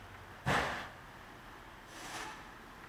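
A plastic windshield washer sprayer nozzle is turned and lined up with its opening in the hood panel before being pushed in, since it only goes in one way. A broad, breathy rustle of handling is heard at about 0.5 to 0.9 s, then a softer one around 1.9 to 2.4 s, over a low steady hum. Nothing has seated or clicked yet.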